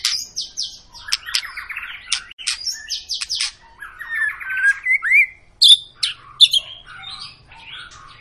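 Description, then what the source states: White-rumped shama singing: rapid rattling trills mixed with clear rising whistles and sharp chips, phrases running into one another. Long lure song (pancingan) of an actively singing (gacor) white-rumped shama, intended to prompt other birds to sing.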